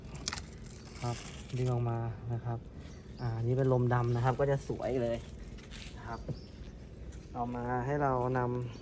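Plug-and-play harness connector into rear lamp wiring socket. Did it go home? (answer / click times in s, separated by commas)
yes / 0.3 s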